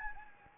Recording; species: mosquito wingbeat signal from an infrared sensor; Anopheles gambiae